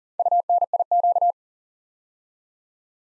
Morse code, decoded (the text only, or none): UNIQ